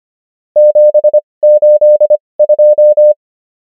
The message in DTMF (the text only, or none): none